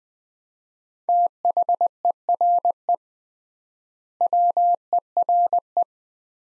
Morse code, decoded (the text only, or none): THERE WERE